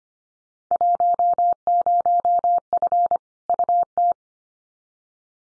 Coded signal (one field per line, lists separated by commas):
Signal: Morse code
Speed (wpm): 25 wpm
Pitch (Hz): 700 Hz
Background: none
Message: 10F UT